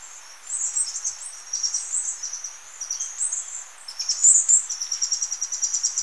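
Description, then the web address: Andean emerald calls: very high, thin twittering chatter in rapid runs, some notes pulsing quickly, with short pauses between bursts and a quiet background. Recorded in Ecuador. "Natures Songs S America Birds of Ecuador Andean Emerald"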